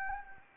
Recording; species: mosquito wingbeat signal from an infrared sensor; Anopheles gambiae